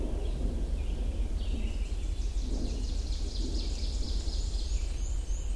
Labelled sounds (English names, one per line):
Ovenbird song